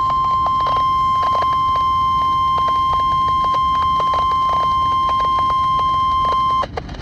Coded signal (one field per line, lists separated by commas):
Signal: Emergency Alert System (SAME) tones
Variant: 1050 Hz attention tone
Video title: (EAS) Severe Thunderstorm Warning #2 of the day